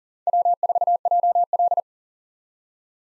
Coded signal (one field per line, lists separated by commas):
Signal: Morse code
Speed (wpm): 40 wpm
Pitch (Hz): 700 Hz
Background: none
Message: W4JL